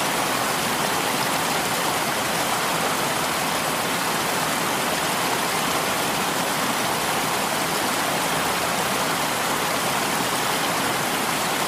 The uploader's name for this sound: Water Sounds White Noise